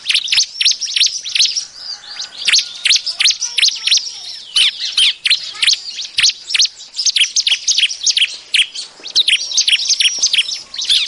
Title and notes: Kompilasi Suara Ciblek Prenjak Cocok Untuk Masteran. Kicau Burung Prenjak Ciblek